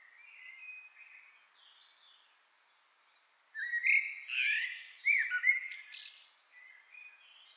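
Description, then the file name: Common blackbird with faint, soft notes at first, then a loud run of screechy, chattering calls. "Turdus merula"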